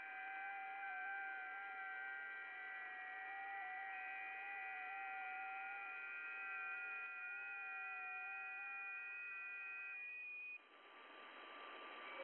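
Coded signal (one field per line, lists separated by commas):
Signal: FT8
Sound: several soft overlapping steady tones shifting slightly in pitch, then stopping, leaving hiss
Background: radio static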